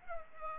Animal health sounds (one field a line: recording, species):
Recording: mosquito wingbeat signal from an infrared sensor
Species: Culex pipiens